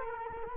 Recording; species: mosquito wingbeat signal from an infrared sensor; Culex quinquefasciatus